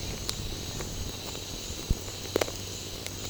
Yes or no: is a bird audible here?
no